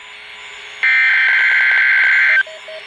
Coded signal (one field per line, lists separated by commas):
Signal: Emergency Alert System (SAME) tones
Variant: header bursts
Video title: Required Weekly Tests | EAS #397 - #398